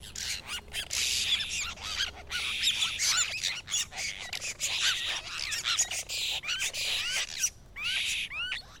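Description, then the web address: Apostlebirds calling as a group, a dense continuous chatter of harsh squawks, scratchy notes and rising chirps from several birds overlapping throughout. Several birds calling together as a group. "Sound Effects-Foundation. BIRD APOSTLE BIRD GROUP CALL"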